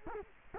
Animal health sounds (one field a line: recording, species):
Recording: mosquito wingbeat signal from an infrared sensor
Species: Culex quinquefasciatus